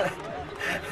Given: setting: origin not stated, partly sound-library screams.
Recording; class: one-second piece from a danger detection set; normal situation